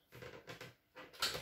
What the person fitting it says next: I've clicked it.